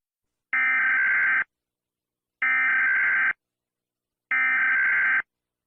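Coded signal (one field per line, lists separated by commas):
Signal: Emergency Alert System (SAME) tones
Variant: header bursts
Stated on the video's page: A short fictional EAS scenario.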